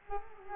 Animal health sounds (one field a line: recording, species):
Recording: mosquito wingbeat signal from an infrared sensor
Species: Culex quinquefasciatus